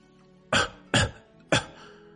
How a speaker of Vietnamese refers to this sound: Khi hai thầy trò bọn họ ở lại chỗ sau hậu viện, lão đạo sĩ chợt ho khan vài tiếng rồi mới giảng giải.